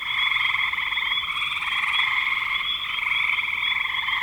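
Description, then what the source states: Frogs trilling together in an unbroken, buzzing chorus of pulsed calls at an even loudness throughout. Spring 2025.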